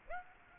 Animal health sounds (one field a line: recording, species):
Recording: mosquito wingbeat signal from an infrared sensor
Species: Aedes aegypti